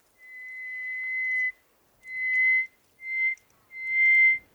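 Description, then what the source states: Greater hoopoe-lark giving four pure, steady whistles at one even pitch; the first is long and drawn out, the others shorter, separated by brief pauses. Recorded at an oasis in Egypt.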